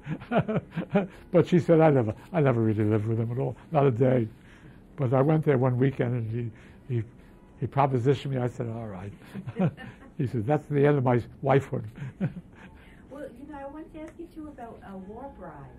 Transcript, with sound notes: But she said, "I never — I never really lived with him at all, not a day, but I went there one weekend and he — he propositioned me, I said 'all right.'" She says, "That's the end of my wifehood."
[Laughs] Well, you know, I wanted to ask you, too, about war brides.